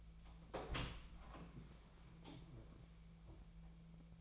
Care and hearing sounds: daily activity, microphone in the room; open door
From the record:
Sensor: 1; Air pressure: 1000.5 hPa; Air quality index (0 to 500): 184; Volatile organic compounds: 4 ppm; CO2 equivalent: 1700 ppm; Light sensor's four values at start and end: 11/27/11/13 and 12/28/12/13

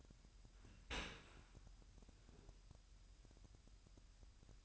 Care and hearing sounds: daily activity, microphone in the room; open dishwasher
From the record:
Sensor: 2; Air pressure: 998.1 hPa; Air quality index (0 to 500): 147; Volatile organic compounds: 4 ppm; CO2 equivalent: 1668 ppm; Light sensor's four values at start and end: 10/29/11/11 and 10/29/11/11

